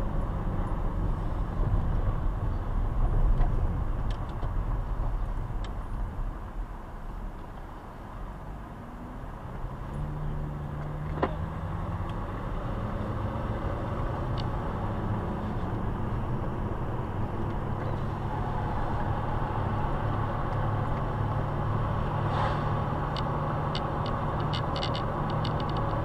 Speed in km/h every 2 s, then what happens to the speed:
31, 27, 17, 7, 6, 13, 22, 32, 40, 43, 42, 45, 45.
0-6 brakes to 7. 8-26 speeds up to 45.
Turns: 4-12.